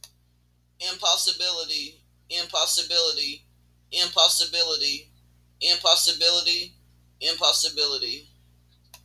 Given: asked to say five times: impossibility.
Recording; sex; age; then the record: repeated word; female; 30 to 39 years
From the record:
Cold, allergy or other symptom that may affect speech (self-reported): no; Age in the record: 37 years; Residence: Tennessee, United States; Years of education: 12